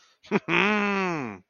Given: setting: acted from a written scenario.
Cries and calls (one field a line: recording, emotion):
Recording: vocal sound without words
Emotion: pride